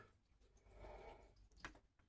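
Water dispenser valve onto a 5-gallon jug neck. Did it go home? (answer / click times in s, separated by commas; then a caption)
yes / 1.7 s. A plastic water dispenser valve is angled down onto the neck of a 5-gallon water jug and pressed until it locks in place. Low handling and rubbing noise builds, then a sharp click at 1.7 s marks the valve seating on the jug, followed by a few faint taps.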